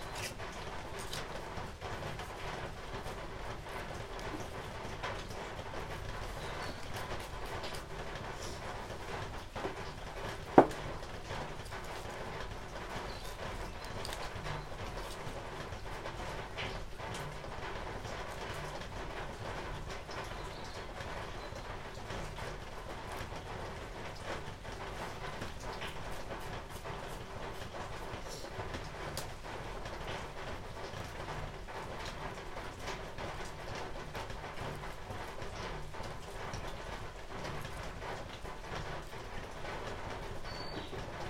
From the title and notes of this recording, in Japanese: 出荷日の昼下がり。しとしと冷たい雨の日。